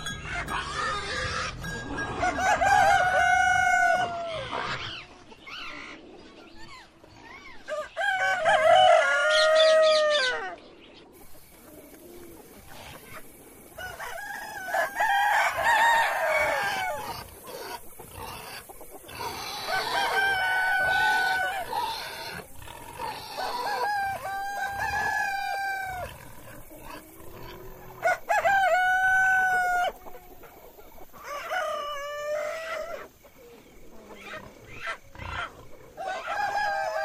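Farm animals, with chickens clucking and a rooster crowing in repeated bursts every few seconds throughout. The calls are bright and wavering, rising and falling in pitch, with short quiet gaps between them and a soft, steady hiss underneath.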